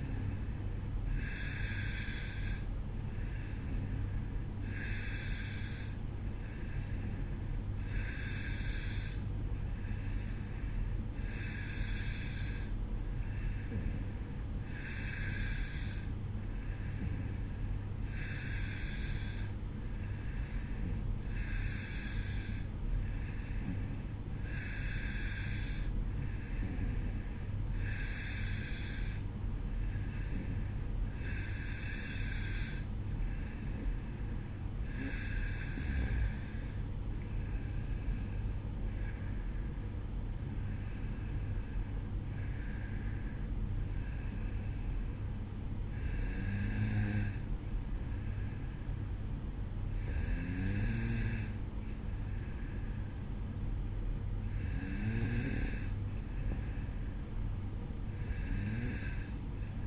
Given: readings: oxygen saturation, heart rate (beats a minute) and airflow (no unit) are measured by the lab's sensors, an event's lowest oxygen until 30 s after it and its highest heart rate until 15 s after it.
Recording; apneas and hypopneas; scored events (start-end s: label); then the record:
breathing in sleep by a smartphone at the bedside; none
35.00-59.87 s: new sleep stage, N1 (lightest sleep)
From the record:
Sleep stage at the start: N2 (light sleep); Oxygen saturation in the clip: 91 to 93%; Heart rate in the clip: 55 to 61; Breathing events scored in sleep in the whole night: 305 in 9.6 hours asleep